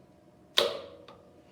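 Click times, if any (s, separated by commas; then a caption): 0.6 s. A toggle clamp on a drill press fixture is pulled down by its red handle onto a stack of wooden boards and locks over center. It gives a sharp, bright snap at 0.6 s that rings out briefly, then a fainter tap at 1.1 s over a low steady background hum. The clamp snaps into place and is seated.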